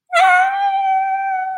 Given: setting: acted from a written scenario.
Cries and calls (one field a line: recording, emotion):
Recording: vocal sound without words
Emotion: distress